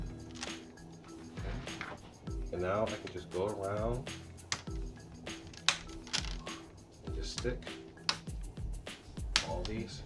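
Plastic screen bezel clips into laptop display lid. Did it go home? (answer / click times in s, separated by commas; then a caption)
yes / 8.1 s, 9.4 s. Someone talks while pressing the plastic screen bezel's snap clips back into the display lid of an HP Pavilion 15z-aw000 laptop, working around the edge after fitting a new screen. Sharp plastic snaps are heard at 8.1 s and 9.4 s as the clips seat and the bezel clicks back in place.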